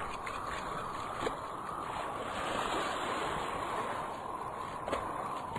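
Wind howls in a steady, unbroken roar, a dense rushing hiss that swells slightly in the middle and carries a couple of brief gusty peaks, with no voices.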